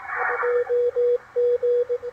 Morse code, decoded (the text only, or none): OG